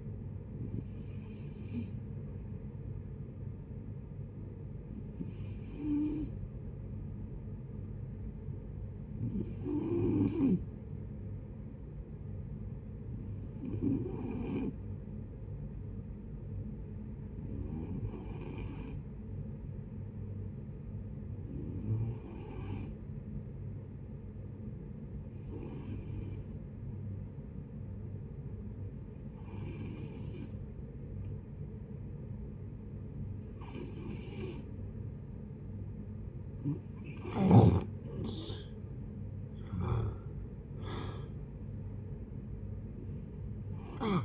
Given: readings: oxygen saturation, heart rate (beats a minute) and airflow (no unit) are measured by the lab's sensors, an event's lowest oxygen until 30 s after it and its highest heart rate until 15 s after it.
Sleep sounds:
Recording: breathing in sleep by a smartphone at the bedside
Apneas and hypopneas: 1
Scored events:
3.00-38.80 s: hypopnea (N2, oxygen 95% highest, then 86% lowest, heart rate 61 at the start, 68 highest)
From the record:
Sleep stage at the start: N2 (light sleep)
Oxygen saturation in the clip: 88 to 96%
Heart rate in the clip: 58 to 66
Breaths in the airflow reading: 12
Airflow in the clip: -9.1 to 11.3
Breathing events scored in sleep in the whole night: 496 in 5.4 hours asleep

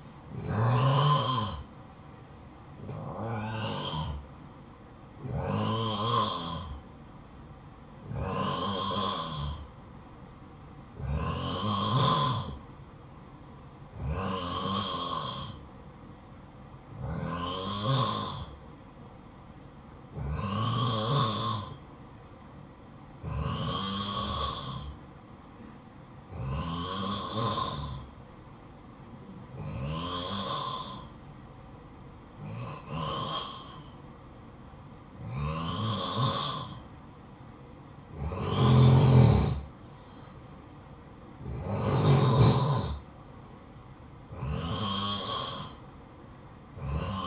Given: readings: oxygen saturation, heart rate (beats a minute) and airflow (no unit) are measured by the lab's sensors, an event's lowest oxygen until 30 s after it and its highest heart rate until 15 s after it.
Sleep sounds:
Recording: breathing in sleep by a smartphone at the bedside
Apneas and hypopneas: 1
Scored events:
8.00-40.70 s: hypopnea (N1, oxygen 92% highest, then 88% lowest, heart rate 59 at the start, 63 highest)
33.00-47.27 s: new sleep stage, N2 (light sleep)
From the record:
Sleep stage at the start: N1 (lightest sleep)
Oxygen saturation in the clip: 87 to 92%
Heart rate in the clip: 52 to 64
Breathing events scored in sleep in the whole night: 573 in 9.8 hours asleep

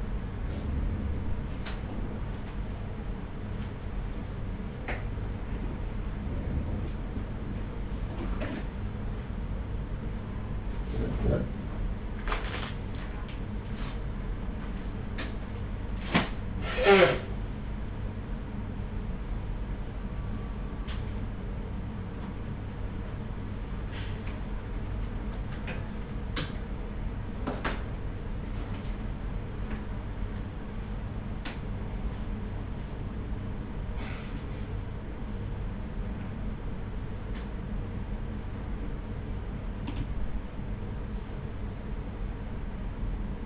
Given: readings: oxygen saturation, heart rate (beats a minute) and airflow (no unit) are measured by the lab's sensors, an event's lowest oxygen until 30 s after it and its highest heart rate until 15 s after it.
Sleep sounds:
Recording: a person awake in a sleep study, by a smartphone at the bedside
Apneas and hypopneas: none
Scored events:
0.00-43.46 s: awake
0.00-43.46 s: awake
From the record:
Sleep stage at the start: awake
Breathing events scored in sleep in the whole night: 210 in 6.9 hours asleep

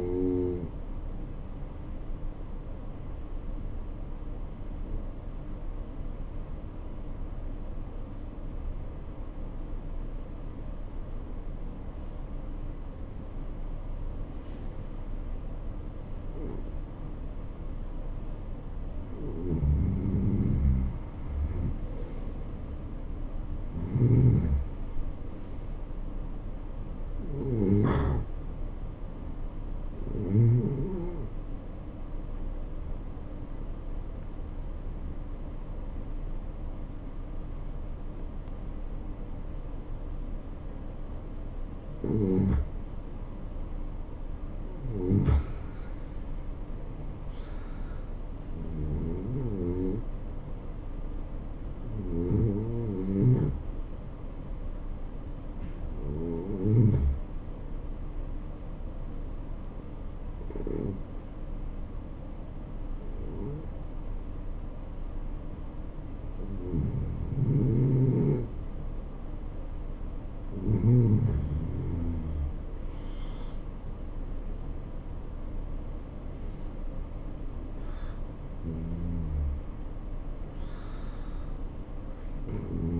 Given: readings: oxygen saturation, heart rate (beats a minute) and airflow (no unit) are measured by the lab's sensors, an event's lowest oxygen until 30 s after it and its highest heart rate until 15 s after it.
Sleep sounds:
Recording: breathing in sleep by a smartphone at the bedside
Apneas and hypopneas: 4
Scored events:
3.00-20.90 s: obstructive apnea (N2, oxygen 87% highest, then 85% lowest, heart rate 68 at the start, 77 highest)
24.00-42.80 s: hypopnea (N2, oxygen 89% highest, then 85% lowest, heart rate 77 at the start, 78 highest)
46.00-54.80 s: hypopnea (N2, oxygen 90% highest, then 86% lowest, heart rate 76 at the start, 76 highest)
59.00-73.40 s: hypopnea (N2, oxygen 91% highest, then 86% lowest, heart rate 75 at the start, 75 highest)
From the record:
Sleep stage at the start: N2 (light sleep)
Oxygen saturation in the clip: 85 to 91%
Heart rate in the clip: 64 to 78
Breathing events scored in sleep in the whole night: 277 in 7.4 hours asleep

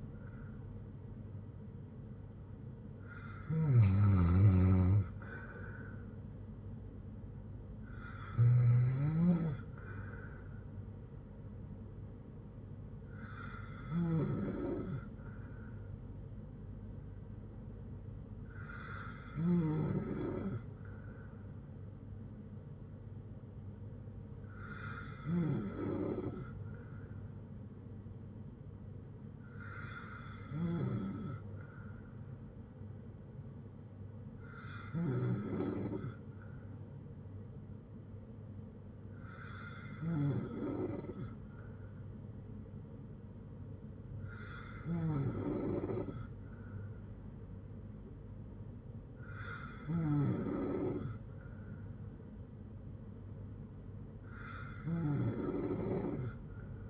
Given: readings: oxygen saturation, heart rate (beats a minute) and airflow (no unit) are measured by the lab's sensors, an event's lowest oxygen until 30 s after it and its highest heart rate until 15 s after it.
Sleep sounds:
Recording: breathing in sleep by a smartphone at the bedside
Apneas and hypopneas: none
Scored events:
28.00-56.90 s: new sleep stage, N2 (light sleep)
From the record:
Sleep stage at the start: N3 (deep sleep)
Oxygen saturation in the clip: 91 to 95%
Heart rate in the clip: 57 to 69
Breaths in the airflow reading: 11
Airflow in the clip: -7.2 to 6.1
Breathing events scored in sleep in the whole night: 182 in 7.4 hours asleep

